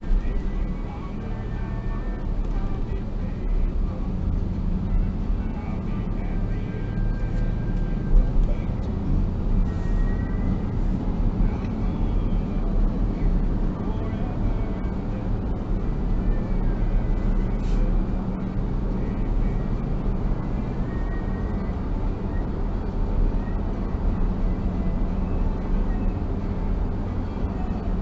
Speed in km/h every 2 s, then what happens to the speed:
26, 31, 35, 42, 46, 51, 56, 60, 63, 65, 67, 68, 70, 71.
0-28 speeds up to 71.